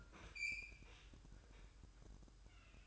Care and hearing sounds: daily activity, microphone in the room; open fridge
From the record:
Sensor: 2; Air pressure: 1007.6 hPa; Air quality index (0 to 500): 55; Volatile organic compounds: 1 ppm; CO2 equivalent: 580 ppm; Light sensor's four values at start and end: 10/23/9/10 and 10/23/9/10

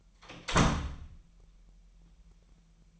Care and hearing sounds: daily activity, microphone in the room; close door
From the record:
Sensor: 1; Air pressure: 998.5 hPa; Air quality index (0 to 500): 129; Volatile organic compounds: 4 ppm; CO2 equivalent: 1542 ppm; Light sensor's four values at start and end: 20/64/26/27 and 20/65/26/27

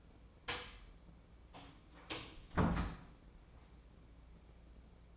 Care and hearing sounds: daily activity, microphone in the room; close door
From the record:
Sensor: 1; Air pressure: 1012.4 hPa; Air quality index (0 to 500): 161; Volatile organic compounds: 3 ppm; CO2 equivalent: 1320 ppm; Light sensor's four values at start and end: 829/1699/827/905 and 844/1730/842/921

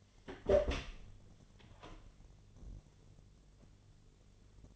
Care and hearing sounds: daily activity, microphone in the room; open door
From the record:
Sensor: 4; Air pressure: 1008.0 hPa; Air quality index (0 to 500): 182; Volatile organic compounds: 5 ppm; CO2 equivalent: 1826 ppm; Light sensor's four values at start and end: 23/74/28/27 and 23/73/28/27

